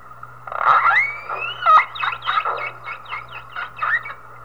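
Whale calls: a rising squeaky whistle followed by a series of short, squealing pulses, over a constant low hum.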